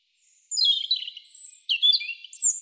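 European robin song: several thin, high warbled phrases of sweet whistles and quick trills sliding between high and very high notes, on a silent background.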